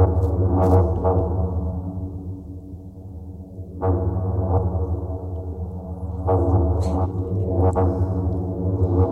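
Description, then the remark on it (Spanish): A deep, ship-horn-like drone sustains loudly throughout, its rich low harmonics swelling slightly, with a few brief sharp clicks and bursts scattered over it in an electroacoustic texture; no voices. It is an electroacoustic piece by Beatriz, a pioneering electronic music composer who worked in Schaeffer's radiophonic laboratory. “Una bocina de barco en el medio del...”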